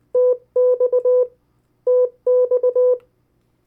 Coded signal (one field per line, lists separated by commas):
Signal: Morse code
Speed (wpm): 19 wpm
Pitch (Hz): 500 Hz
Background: none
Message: TX TX